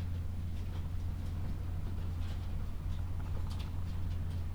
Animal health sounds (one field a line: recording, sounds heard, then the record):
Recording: poultry house recording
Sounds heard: sick chickens (respiratory disease)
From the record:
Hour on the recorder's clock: 12